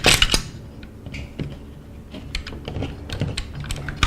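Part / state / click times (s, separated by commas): spring-loaded metal part going back into a bolt-action rifle / seated / 4.0 s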